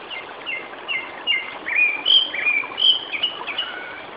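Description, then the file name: Japanese thrush singing a fast run of short, clear whistled notes, some sliding up or down, delivered in quick succession over a steady background hiss. "Turdus cardis"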